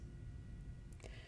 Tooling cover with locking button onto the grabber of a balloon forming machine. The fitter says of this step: Reinstall the cover and rotate clockwise until the button clicks into place.